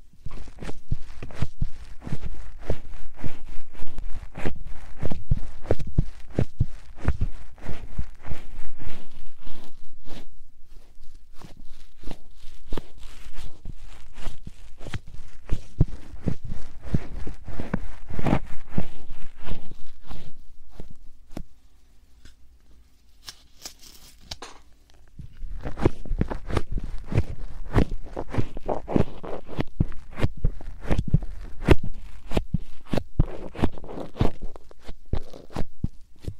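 Quick, soft puffs repeat in a dense, uneven stream, briefly stopping around twenty-two seconds before resuming just as busily until the end.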